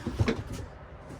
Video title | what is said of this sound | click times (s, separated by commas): The Shed's Compact Dust Extraction System | and they lock into place | 0.3 s